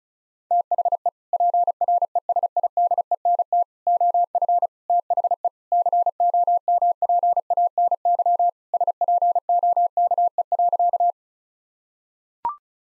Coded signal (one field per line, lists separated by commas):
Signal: Morse code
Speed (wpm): 36 wpm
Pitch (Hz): 700 Hz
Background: none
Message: THE PRESIDENT OF THE COMPANY SPOKE.